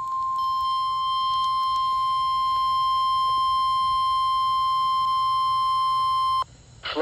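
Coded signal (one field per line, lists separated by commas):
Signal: Emergency Alert System (SAME) tones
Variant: 1050 Hz attention tone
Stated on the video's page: Real double-header Flood Watch EAS alerts.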